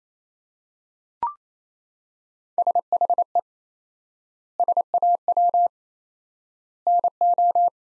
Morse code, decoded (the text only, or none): SHE SAW NO